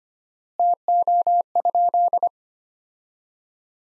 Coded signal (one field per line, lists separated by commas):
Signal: Morse code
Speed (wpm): 25 wpm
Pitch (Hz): 700 Hz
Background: none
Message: TO?